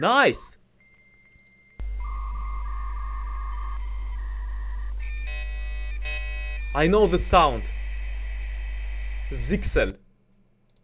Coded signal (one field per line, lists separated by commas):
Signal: dial-up modem handshake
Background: speech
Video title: Russian man learns the American inventions that begin with D || Dial-up Internet access, DOS, Dimmer